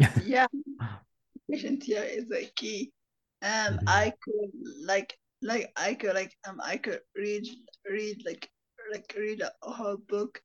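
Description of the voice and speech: Adult speaker who stutters, with repeated words and phrases, prolonged sounds and pauses. The speaker is in speech therapy in the Fluency Plus program.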